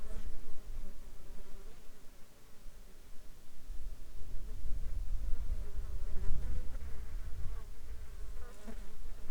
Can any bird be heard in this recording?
no